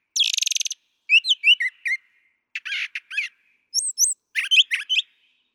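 Brown thrasher song opening with a rapid buzzy rattle, then whistled slurs, a harsh raspy phrase and high swooping notes.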